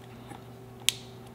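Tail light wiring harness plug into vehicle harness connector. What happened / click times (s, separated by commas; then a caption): The wiring connector clicked home / 0.9 s. The main wiring harness plug for a Morimoto XB LED tail light on a 2017–2022 F250 Super Duty is pushed into its mating vehicle harness connector. Over a low, steady hum, a faint tick is followed by one sharp, loud click at 0.9 s. The plug is seated and clicked in, ready for its lock tab to be pushed down.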